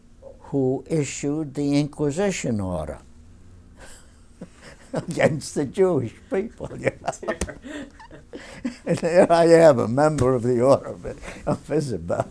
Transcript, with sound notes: who issued the Inquisition order against the Jewish people, you know. ( he laughs )
Oh, dear.
And here I am, a member of the Order of Isabel.